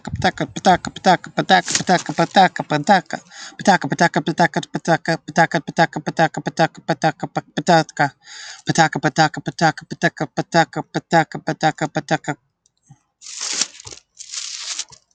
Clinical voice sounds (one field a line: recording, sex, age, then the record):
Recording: repeated syllables /pa ta ka/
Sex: male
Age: 30 to 39 years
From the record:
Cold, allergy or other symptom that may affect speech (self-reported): no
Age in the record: 34 years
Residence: Florida, United States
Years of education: 13